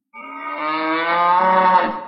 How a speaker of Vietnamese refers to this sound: một tiếng bò rống khiến Thạch Hạo mở bừng mắt ra